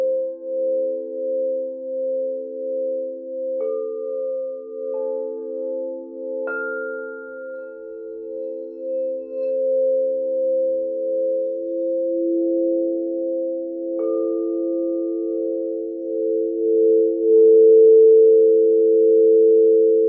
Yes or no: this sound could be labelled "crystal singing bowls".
yes